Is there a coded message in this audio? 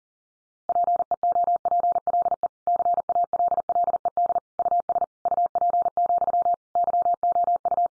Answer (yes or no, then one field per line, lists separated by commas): yes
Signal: Morse code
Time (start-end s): 0.7-7.9 s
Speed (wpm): 40 wpm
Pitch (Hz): 700 Hz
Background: none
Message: PEOPLE CALLED US UP, YOU